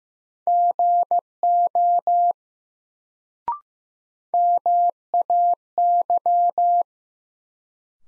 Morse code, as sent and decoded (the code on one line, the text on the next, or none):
--. --- / -- .- -.--
GO MAY